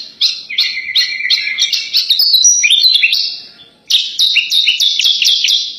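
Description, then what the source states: Horsfield's bush lark singing a fast continuous medley of buzzy, trilled and whistled high notes, broken by one brief pause before resuming just as rapidly. Tutor recording used for training birds.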